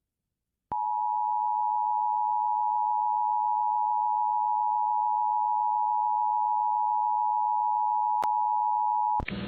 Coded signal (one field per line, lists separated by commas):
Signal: Emergency Alert System (SAME) tones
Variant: 853 and 960 Hz attention tone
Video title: (EAS #21) | Flash Flood Warning for American Samoa on KKHJ | 02/03/22